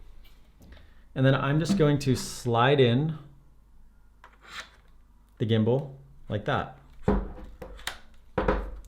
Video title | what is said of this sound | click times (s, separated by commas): Balance and Setup Zhiyun Crane M3 in 60 seconds! | and then it just clicks right in so | 8.4 s